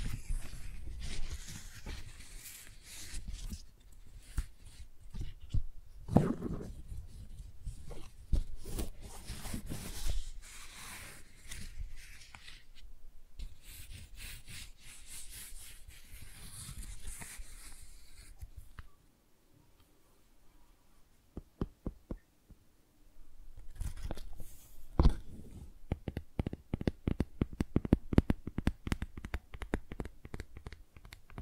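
Tingly flower sounds: dense, crisp rustling and crinkling with sharp little taps, busy and bright through the first eighteen seconds. It then drops to a near-quiet stretch of sparse soft ticks before the fuller rustling picks up again around twenty-four seconds.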